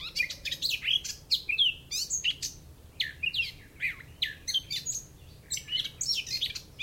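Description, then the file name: Eurasian blackcap song with quick, varied warbled phrases of clear whistles and twittering notes in short bursts, separated by brief gaps. "Sylvia atricapilla"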